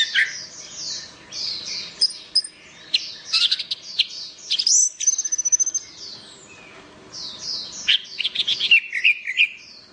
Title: Anis Merah